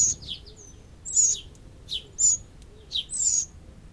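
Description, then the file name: Eurasian wren giving high, sharp notes and quick downslurred chips in bursts roughly every second, with soft low whistles in the background. "Troglodytes troglodytes"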